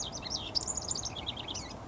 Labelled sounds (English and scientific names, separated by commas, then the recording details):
House Wren (Troglodytes aedon)
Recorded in Sonoma County, California